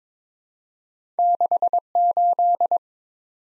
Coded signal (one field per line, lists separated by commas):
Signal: Morse code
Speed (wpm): 22 wpm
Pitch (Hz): 700 Hz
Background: none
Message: 68